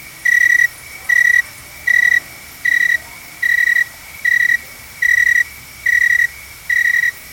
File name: Garden Cricket